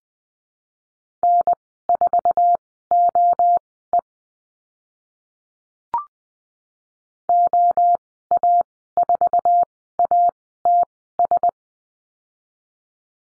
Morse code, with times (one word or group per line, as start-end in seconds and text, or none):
1.2-4.0 N4OE
7.3-11.5 OA4ATS